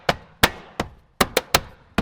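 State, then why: Seated. The plastic trim cover around the rearview mirror mount of a Toyota 4Runner is pressed back onto the mirror housing, producing a series of sharp, short snapping clicks. Its clips snap home with the main clicks at 0.4, 1.2 and 1.6 seconds. The cover ends up seated in place.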